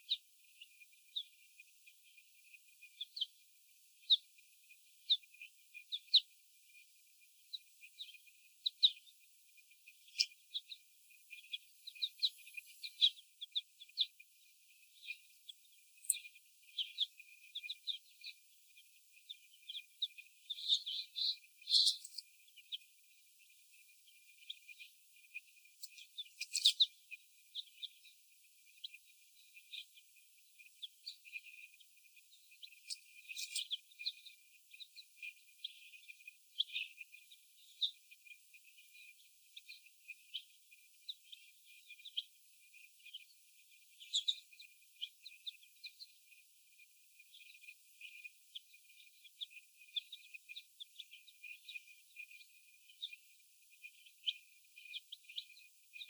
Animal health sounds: young laying hens in a cage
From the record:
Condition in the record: before the stressor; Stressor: sudden umbrella opening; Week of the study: 1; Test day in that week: 1

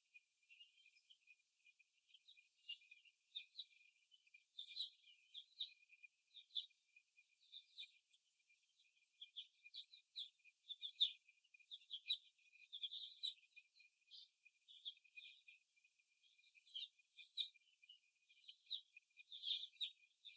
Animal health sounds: young laying hens in a cage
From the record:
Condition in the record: before the stressor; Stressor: simulated dog barking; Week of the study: 1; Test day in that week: 2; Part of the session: 2

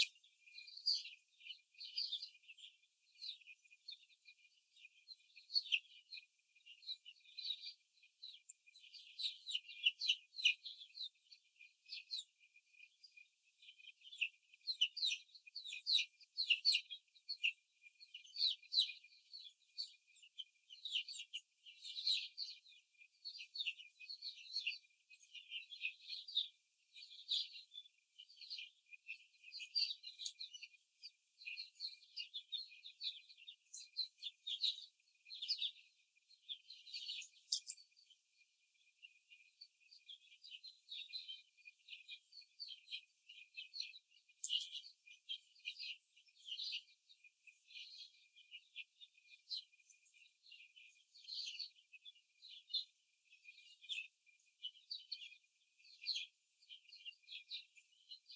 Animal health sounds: young laying hens in a cage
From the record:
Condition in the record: before the stressor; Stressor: simulated dog barking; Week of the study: 3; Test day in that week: 2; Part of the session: 2

